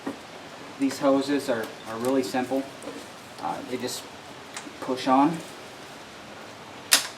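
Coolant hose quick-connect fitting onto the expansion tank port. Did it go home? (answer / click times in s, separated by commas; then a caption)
yes / 6.9 s. Someone talks while a plastic push-on coolant hose quick-connect fitting is pushed onto the port of a new expansion tank on a BMW E46. At 6.9 s its wire retaining clip snaps in with a single sharp click, showing the hose is seated all the way.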